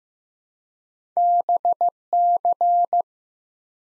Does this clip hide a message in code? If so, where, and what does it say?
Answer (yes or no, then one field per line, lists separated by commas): yes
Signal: Morse code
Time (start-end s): 1.2-3.0 s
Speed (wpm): 15 wpm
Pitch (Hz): 700 Hz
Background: none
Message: BC